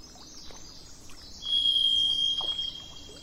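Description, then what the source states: Thrush singing one long, pure, high whistle held for over a second, over a low background rumble. Recorded on 27 April 2004 with truck noise in the background.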